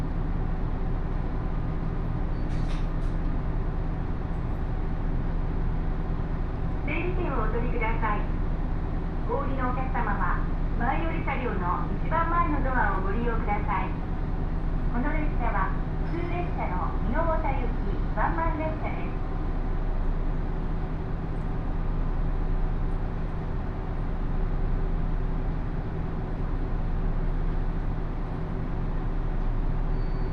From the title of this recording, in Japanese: 高山本線普通 上呂→下油井